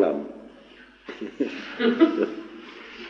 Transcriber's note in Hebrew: צחוק